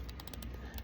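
The ratcheting click grip on a rotary tattoo machine is turned by hand, giving a series of sharp ratchet-pawl clicks at about 0.1, 0.2, 0.3, 0.3, 0.4 and 0.8 seconds over a low steady hum. The grip tightens until it is secure.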